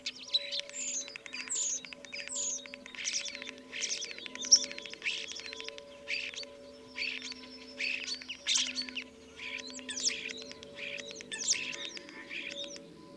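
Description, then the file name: Common starling song, steady stream of rattling, clicking and squeaky phrases in repeated bursts, with high whistles mixed in. "life dviete. sturnus vulgaris"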